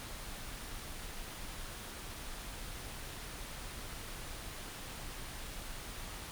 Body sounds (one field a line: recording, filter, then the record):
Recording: brain microelectrode recording played as sound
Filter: wide band, above 20 Hz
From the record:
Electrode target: subthalamic nucleus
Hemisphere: right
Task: reaching with the left hand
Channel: 1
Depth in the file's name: 5.102 mm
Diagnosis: Parkinson's disease